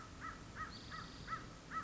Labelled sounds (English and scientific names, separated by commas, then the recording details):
American Crow (Corvus brachyrhynchos)
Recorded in Sonoma County, California